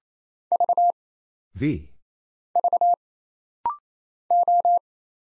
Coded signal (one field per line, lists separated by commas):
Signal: Morse code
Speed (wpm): 27 wpm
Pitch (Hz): 700 Hz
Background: none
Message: V V O